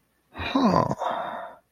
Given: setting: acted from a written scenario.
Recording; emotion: vocal sound without words; realization